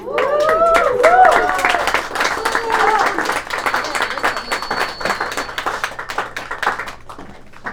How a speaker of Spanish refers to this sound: bríndenle un fuerte y caluroso aplauso a nuestra conocida y querida camarada Flama Azul